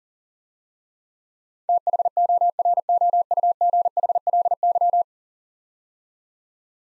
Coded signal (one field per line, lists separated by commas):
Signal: Morse code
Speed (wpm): 41 wpm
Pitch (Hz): 700 Hz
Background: none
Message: THOROUGHLY